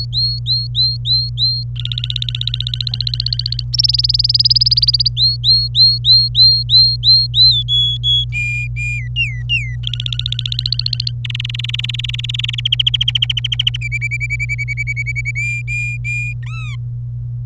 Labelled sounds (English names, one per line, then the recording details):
Domestic Canary song
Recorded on 26 April 2018 at 08:29
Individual llb3